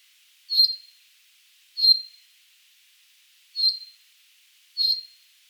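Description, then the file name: Common chaffinch giving single bright, clipped high call notes, four in all, spaced roughly one to two seconds apart, background otherwise silent. "Fringilla coelebs"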